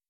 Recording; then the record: hydrophone in a shrimp aquaculture tank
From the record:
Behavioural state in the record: weakened